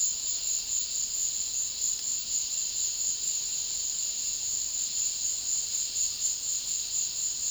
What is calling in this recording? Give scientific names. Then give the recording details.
none. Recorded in dense forest near Puerto Asís, Putumayo, Colombia, on 18 February 2024 at 16:30. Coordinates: 0.500, -76.322. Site G6465